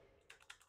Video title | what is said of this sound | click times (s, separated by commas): AGARO Electric Spinning Mop - Unboxing And Initial Impressions -Useful Home Gadgets - In Telugu | చూసుకోండి ఇప్పుడు lock అయిపోయింది so so that me height కి తగ్గట్టుగా మీరు adjust చేసుకోవచ్చు | 0.3 s